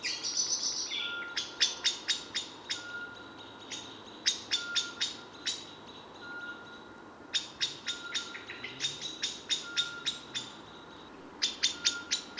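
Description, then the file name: Common blackbird giving sharp, clicking chink notes in irregular bursts of about four per second, with a faint steady tone running underneath between the notes. "Turdus merula"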